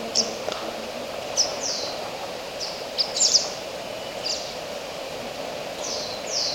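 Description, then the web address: Oilbird calls: scattered high, falling screeches with a few clicks, spaced irregularly over a constant hiss. "Oilbird. صدای مرغ روغنی"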